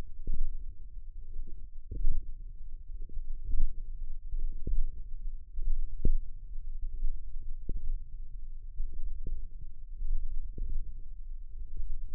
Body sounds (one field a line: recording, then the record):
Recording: forearm muscle sounds (acoustic myography)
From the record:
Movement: hand opening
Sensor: system 1, eight BSWA MPA416 microphones around the upper forearm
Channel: 6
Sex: female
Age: 21 years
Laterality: right